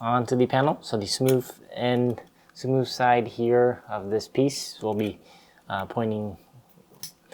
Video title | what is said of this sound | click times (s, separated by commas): Build the U.S.S Enterprise D from DeAgostini - Pack 16 - Stage 59 - 62 | on top just like that and it'll click into place. | 7.0 s